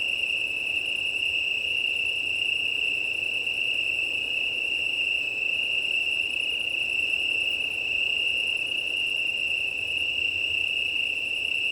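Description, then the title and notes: Italian tree crickets in a steady chorus, a continuous soft trilling hum at one even pitch, with faint higher chirping insects pulsing above and wind rushing underneath. Chorus of many Italian tree crickets, 18 September 2019, 20:35, early night, Plateau de Lesches en Diois, Drôme, France; windy; recorded with an MKH 8020 microphone on a six-track recorder. "Chorus italien. 18 septembre 2019-20h35-Plateau de Lesches en Diois - Drôme. un chorus de Grillons italiens (Oecanthus pellucens)"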